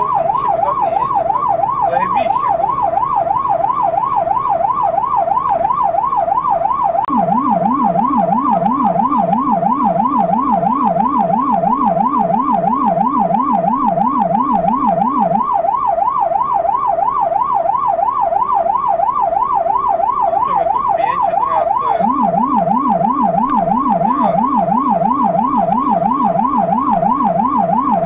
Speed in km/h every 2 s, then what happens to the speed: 66, 68, 68, 66, 67, 62, 59, 59, 57, 55, 55, 58, 58, 61.
0-9 steady at about 67. 9-17 slows to 55.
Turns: none.